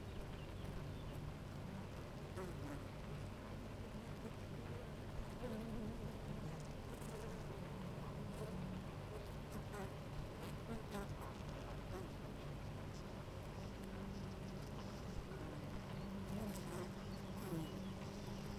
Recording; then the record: honeybee colony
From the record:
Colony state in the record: active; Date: 28 July 2017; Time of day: 9:52